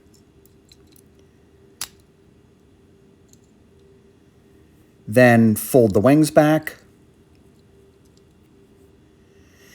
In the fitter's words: first pull the legs down until you hear a satisfying click